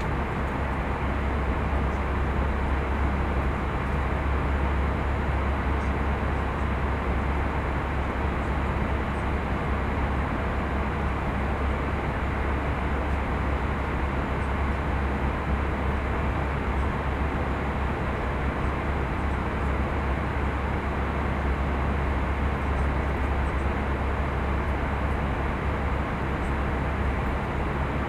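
A steady roar fills an airplane cabin, unchanging for the whole stretch, with a strong low rumble underneath and a dense hiss spread through the middle. The level holds even throughout, with no distinct events, only faint ticks up high.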